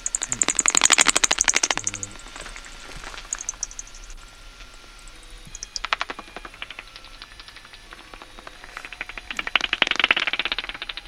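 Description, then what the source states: Common pipistrelle echolocation calls through a bat detector, dense bursts of rapid clicks and smacks with an irregular rhythm that speeds up and slows down, fading and returning. Heard live through a bat detector while hunting along a path; irregular rhythm with accelerating and slowing phases as the bat approaches obstacles.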